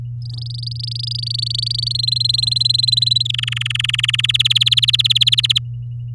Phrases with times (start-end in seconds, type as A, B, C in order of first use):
0.22-1.93 A, 1.95-3.27 B, 3.29-4.21 C, 4.23-5.58 D